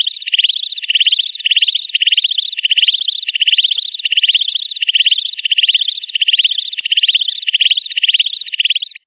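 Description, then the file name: Katydid stridulating in a steady buzzy pulsed train, repeated continuously with rhythmic swells in loudness. "suara belalang daun"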